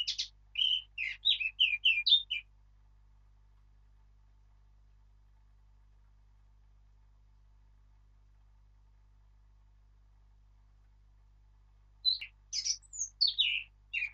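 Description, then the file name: Eurasian blackcap song: a quick burst of varied warbling notes, then a long silence before a second phrase begins near the end. "Sylvia atricapilla"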